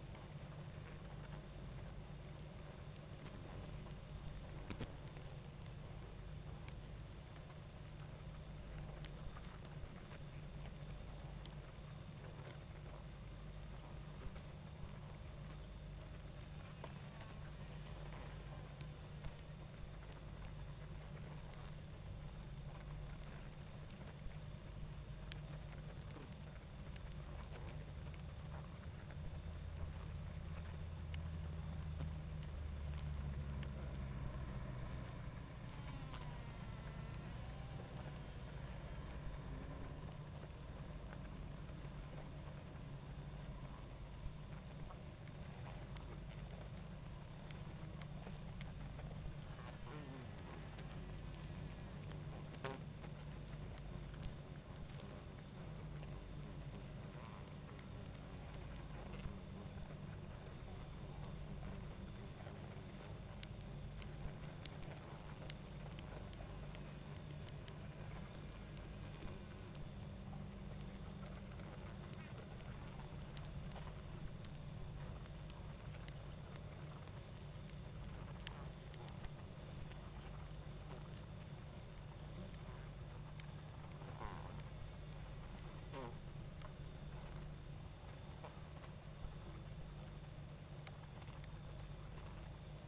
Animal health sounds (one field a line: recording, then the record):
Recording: honeybee colony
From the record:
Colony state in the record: active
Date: 28 July 2017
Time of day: 21:12